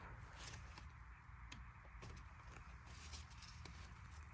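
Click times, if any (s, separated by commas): none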